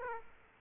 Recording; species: mosquito wingbeat signal from an infrared sensor; Aedes aegypti